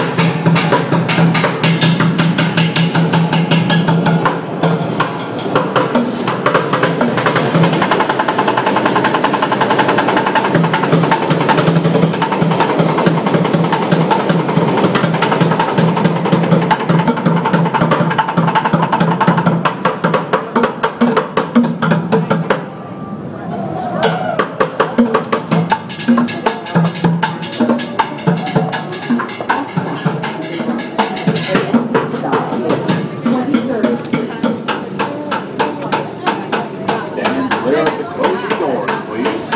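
A drummer plays in a subway station, a dense, fast stream of sharp hits over a thick, echoing crowd murmur. The rolling beat stays busy and loud throughout, easing for a moment around the 23-second mark before picking straight back up.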